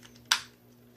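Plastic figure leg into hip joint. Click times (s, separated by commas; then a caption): 0.3 s. The second plastic leg of a Power of the Primes Optimal Optimus Evolution Leader Class toy is pulled out and pushed up into its hip joint. It snaps into place with one loud, sharp click at 0.3 s, amid a few faint ticks and a small tap near the end. The leg is seated.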